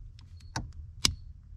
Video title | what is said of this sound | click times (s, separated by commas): C3 1981 Corvette signal switch, replace the Old with the New. | there we go hear that click | 1.0 s